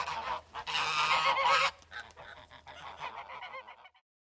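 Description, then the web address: Goose honks, a loud burst of harsh nasal calls followed by softer scattered honking that fades out. Geese in a village. "gusi v derevne"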